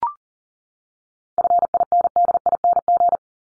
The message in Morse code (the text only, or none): FINDING